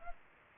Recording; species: mosquito wingbeat signal from an infrared sensor; Aedes aegypti